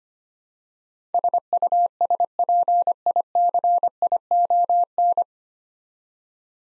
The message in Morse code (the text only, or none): SUSPICION